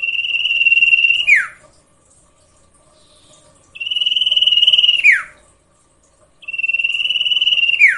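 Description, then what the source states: Sirtu song: steady, rapidly pulsed trills lasting over a second, each closing with a falling sweep, repeated about every three seconds. Masteran tutor recording for training cage birds, presenting the full range of song variations.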